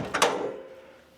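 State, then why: Seated. A section of a Prism portable DJ booth facade, on casters, is pushed back against the adjoining section. Two quick, sharp knocks sound at 0.2 s and 0.2 s (0.15 and 0.22 s), followed by a fading ring. The panel locks into place.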